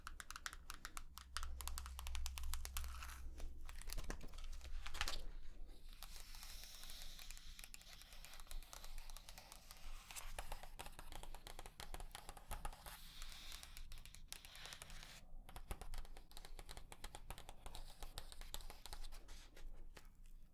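Dense, quick tapping and crinkling, with brief louder bursts near five and fifteen seconds over a low hum.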